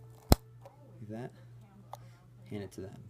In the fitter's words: back door closes and then you just clasp it apply a little pressure and you'll actually hear it lock